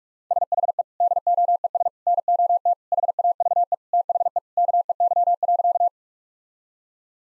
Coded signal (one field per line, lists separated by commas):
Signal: Morse code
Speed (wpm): 46 wpm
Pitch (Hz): 700 Hz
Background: none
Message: SHE DOES NOT HAVE THE KEY.